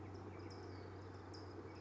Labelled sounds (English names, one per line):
California Towhee